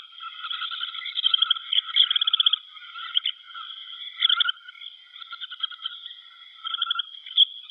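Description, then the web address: Semipalmated sandpiper flock calls: a steady mass of high, rapid chittering notes, with louder pulsed bursts standing out at intervals. Flock of birds calling together. "Schulze Peter Semipalmated Sandpiper"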